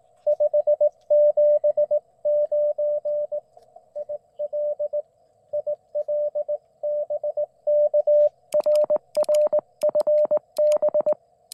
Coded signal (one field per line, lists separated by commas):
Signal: Morse code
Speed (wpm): 20 wpm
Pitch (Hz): 600 Hz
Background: none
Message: 579 IL IL BK RR FB